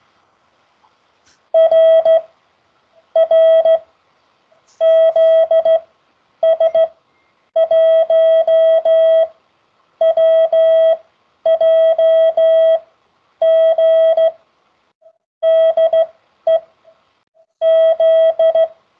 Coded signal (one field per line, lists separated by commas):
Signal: Morse code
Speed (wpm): 15 wpm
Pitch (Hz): 650 Hz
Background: none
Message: RR ZS1WJG DE Z